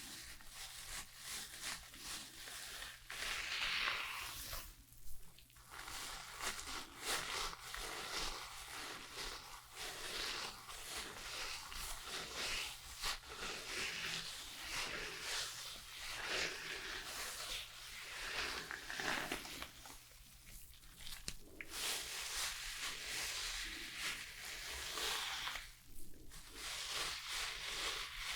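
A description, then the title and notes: Rough scrubbing and brushing sounds pulse in quick irregular strokes through hair, with brief pauses near five, twenty and twenty-six seconds. ASMR Relaxing Shampoo and Hair brushing for your insomnia ｜NO TALKING.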